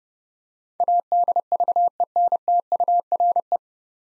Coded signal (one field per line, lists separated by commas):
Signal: Morse code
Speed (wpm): 32 wpm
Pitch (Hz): 700 Hz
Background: none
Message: ADVENTURE